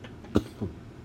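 Two brief cough bursts from an adult man, about a third of a second apart: the first sharp and fairly strong, the second softer and lower. He has been coughing for two days. It is a plain cough in a quiet indoor room.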